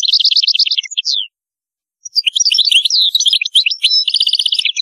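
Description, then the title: European goldfinch song, rapid tinkling twitters and repeated chattering notes, a short silent gap, then a denser burst of mixed trills and buzzy phrases. "Chant Chardonneret"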